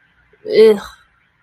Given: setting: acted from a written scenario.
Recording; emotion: vocal sound without words; disgust